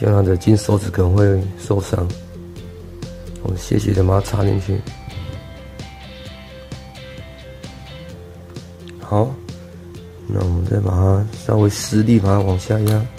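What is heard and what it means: A new DDR4 SO-DIMM memory module is slid diagonally into the memory slot of a P15F R7 laptop and lined up before being pushed down into the clips, while someone talks over background music. Faint handling taps and scrapes are heard between 2.6 and 8.9 seconds, and nothing has seated or clicked yet.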